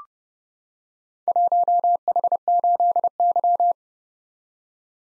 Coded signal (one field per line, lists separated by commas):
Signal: Morse code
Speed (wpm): 30 wpm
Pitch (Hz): 700 Hz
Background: none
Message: 1H8Y